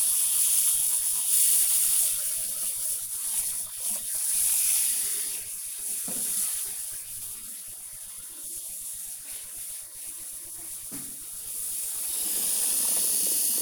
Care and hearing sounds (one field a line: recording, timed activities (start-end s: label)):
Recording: household activities, microphone on the right wrist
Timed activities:
0.00-13.62 s: brushing teeth